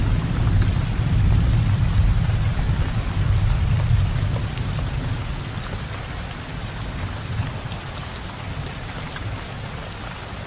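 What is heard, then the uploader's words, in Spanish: Heavy rain pours down in a dense, unbroken hiss, with a deep rumbling low end that is strongest in the first four seconds, possibly distant thunder. After that the roar eases slightly and settles into a steady downpour with scattered sharp drop ticks. Sonidos De La Lluvia Pesado.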